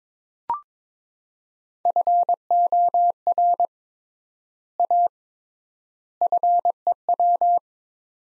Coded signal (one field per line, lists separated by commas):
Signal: Morse code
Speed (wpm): 22 wpm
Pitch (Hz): 700 Hz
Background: none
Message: FOR A FEW